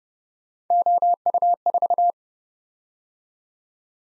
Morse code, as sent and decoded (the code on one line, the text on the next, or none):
--- ..- ....-
OU4